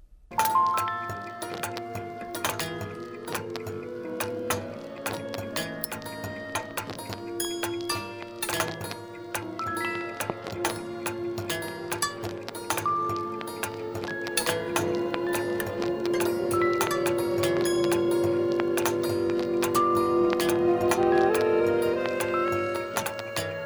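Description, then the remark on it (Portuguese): A dense experimental loop made from music machines, broken record players, relays, radios and computers: clicking, ticking relays and warped, broken-turntable tones, with steady metallic clinks and sustained pitched hums repeating throughout at an even, fairly loud level, no voices. “Loop das máquinas de música, vitrolas quebradas, relés, rádios, computadores.”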